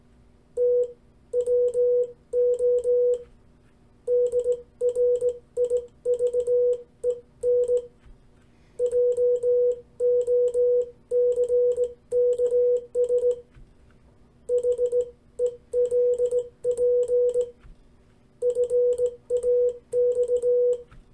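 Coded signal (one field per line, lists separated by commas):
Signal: Morse code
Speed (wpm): 18 wpm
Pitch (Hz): 490 Hz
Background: none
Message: TWO DRIVEN JOCKS HELP FAX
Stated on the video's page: CW learned for a Parks on the Air activation; QRP setup mentioned.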